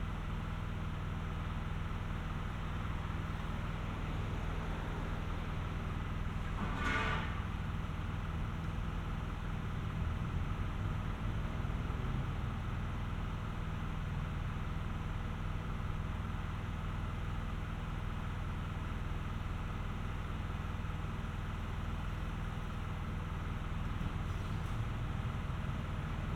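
Road repair work on a street, dominated by a steady, dense low rumble of engines idling and machinery running. A sharp clank with a brief hiss cuts through at about seven seconds, and a fainter one near the end.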